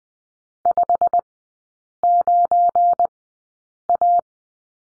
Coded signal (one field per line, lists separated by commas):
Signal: Morse code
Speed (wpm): 20 wpm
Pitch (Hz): 700 Hz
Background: none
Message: 59A